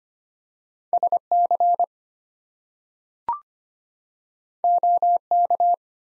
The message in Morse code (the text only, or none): SC OK